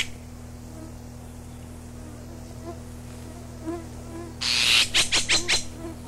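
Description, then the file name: Azure tit giving a harsh, hissing burst followed by a quick run of four or five rasping pulses near the end, after several seconds of quiet background hum. Recorded 12 June 1992. "Ccyanus 12 06 92"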